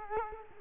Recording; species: mosquito wingbeat signal from an infrared sensor; Culex quinquefasciatus